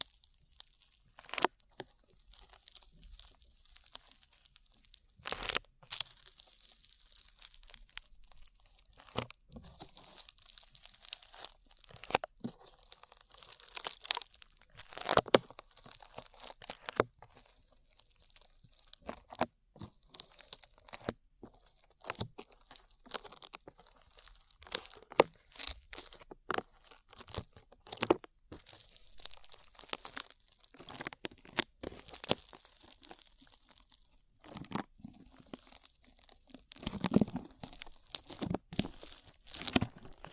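Sticky slime being squished and pulled, with dense, irregular crackles, pops and tearing snaps that come every second or so for the whole forty seconds. A faint hiss runs underneath, and the louder bursts land around five, fifteen and twenty-five seconds.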